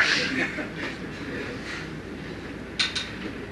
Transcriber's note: laughs